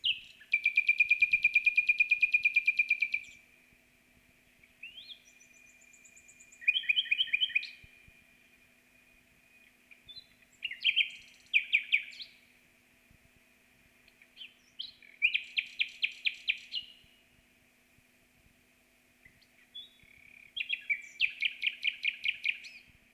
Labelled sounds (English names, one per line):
Common Nightingale song